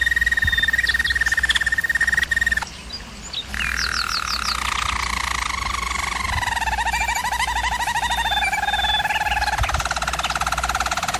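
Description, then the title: German Roller canary song: an even rolled trill, a short pause, quick chips, then a gradually falling pulsed roll. German Roller canary singing, for canary training. "German Roller Canary Singing - Canary Training Vid"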